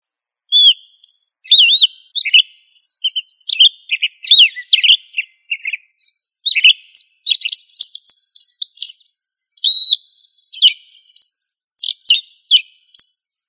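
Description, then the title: Thrush opening with a clear whistle, then a long varied medley of warbled, twittering and buzzy high notes, given in quick bursts with short gaps. Family Turdidae; called sabiá. "Familia Turdidae - Sabia"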